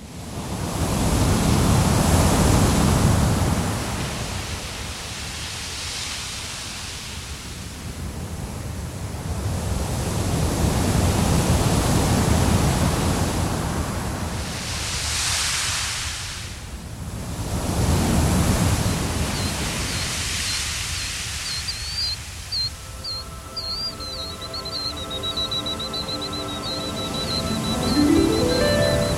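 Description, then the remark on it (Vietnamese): Waves of the East Sea wash against the shore in steady, rolling surges, swelling and receding every few seconds with a broad hiss. A thin, high tonal sound briefly rises over the surf near the end. “Trước mặt anh là biển đông bao la bát ngát, từng đợt sóng nối tiếp nhau vỗ vào bờ ì oạp.”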